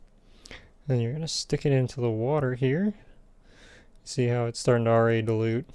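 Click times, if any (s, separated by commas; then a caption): 0.5 s. A plastic pipette converter is pushed into the grip section of a fountain-style calligraphy parallel pen and seats with a sharp, short click at 0.5 s. Someone then talks.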